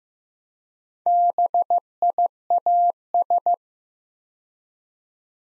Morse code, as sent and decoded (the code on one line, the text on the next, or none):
-... .. .- ...
BIAS